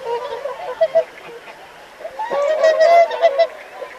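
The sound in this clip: Whooper swans giving trumpeting honks, a few scattered notes at first, then a louder burst of overlapping calls.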